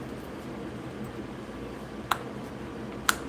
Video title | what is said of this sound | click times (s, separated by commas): Viper V1 VSPEC Builders Kit review and assembly. | There's 2 clicks. You want to drive it all the way in to the last click. | 2.1 s, 3.1 s